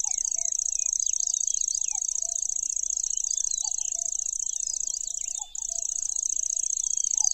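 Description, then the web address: Lanceolated warbler reeling in a fast, even high trill that pauses briefly once late on, then resumes, amid chirping and piping notes. "makinosennyu"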